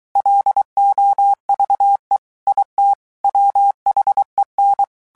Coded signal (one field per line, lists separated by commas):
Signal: Morse code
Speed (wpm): 23 wpm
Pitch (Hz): 800 Hz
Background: none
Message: LOVE IT WHEN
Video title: Royal Navy Radio Operators Submarines